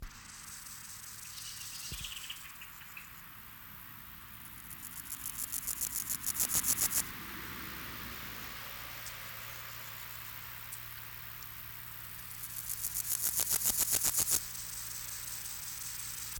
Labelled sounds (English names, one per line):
Water-meadow Grasshopper stridulation